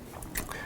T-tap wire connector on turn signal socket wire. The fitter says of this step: and you'll hear it click into place